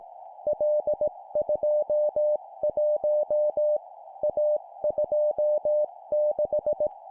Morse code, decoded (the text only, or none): L21 A26